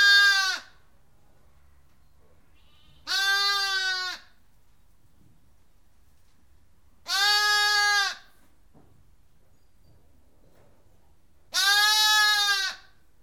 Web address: The BBC Sound Effects Library Livestock Lamb Bleating